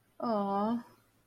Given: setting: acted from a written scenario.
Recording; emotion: vocal sound without words; sympathy